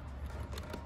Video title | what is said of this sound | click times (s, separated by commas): 2019-2023 Panamera GTS Radiator Grille Install from Radiator Grille Store | once I've got that in position there we go kind of snaps into place | 0.6 s, 0.7 s